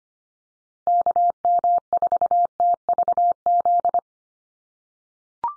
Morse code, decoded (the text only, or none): KM4TVZ